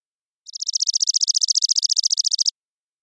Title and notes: Chipping Sparrow, Spizella passerina, trilling song, single species parabolic recording, single bird performance, natural pace, rhythm, & dynamics maintained, clean processed for clarity, family: New World Sparrows, common voice of intermixed tree-grass open spaces Recorded in the beautiful Pacific Northwest, Washington, United States